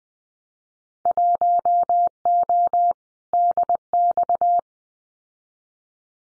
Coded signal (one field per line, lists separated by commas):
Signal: Morse code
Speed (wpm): 20 wpm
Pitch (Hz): 700 Hz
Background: none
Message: 1O DX